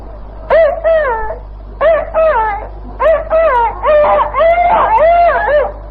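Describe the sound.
A voice imitates a squawking chicken with a run of about six loud, strained, wavering cries in uneven bursts, some short and some drawn out, with no ordinary talking.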